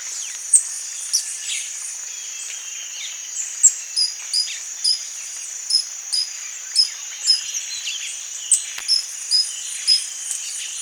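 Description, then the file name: Blue-chested hummingbird calling with thin, high chipping notes repeated singly, often about every half second, over a steady high insect drone. "blue chested hummingbird"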